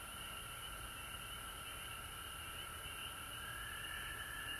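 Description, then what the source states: A quieter frog chorus, two even trilling layers sounding continuously over a soft high hiss. Recorded at home in Georgia on March 19, 2020.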